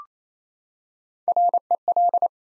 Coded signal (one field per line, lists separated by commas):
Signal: Morse code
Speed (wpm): 27 wpm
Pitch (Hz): 700 Hz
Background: none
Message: REL